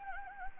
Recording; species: mosquito wingbeat signal from an infrared sensor; Anopheles gambiae